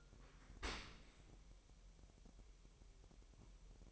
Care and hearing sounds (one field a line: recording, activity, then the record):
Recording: daily activity, microphone in the room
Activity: open dishwasher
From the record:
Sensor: 1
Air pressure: 1000.5 hPa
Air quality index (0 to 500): 247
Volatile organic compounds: 141 ppm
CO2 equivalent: 3982 ppm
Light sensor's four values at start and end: 11/27/11/12 and 11/27/11/12